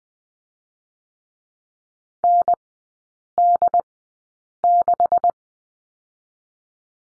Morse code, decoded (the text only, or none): ND6